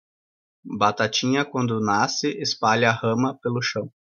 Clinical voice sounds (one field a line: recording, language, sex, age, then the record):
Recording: short text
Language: Brazilian Portuguese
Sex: male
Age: 20 to 29 years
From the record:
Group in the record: control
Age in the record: 29 years